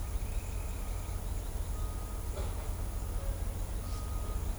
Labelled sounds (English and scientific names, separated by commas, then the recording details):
Scrub Greenlet (Hylophilus flavipes)
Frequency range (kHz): Scrub Greenlet (Hylophilus flavipes) 3.4-4.1 kHz
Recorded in shrubland near Pivijay, Magdalena, Colombia, on 3 June 2023 at 09:00
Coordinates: 10.453, -74.365
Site P5-G022